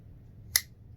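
The metal blade of a Frost Cutlery Navaja folding pocket knife is worked into its metal lock against a quiet, low background hum. One sharp, bright click is heard at 0.6 s as the blade seats in its lock.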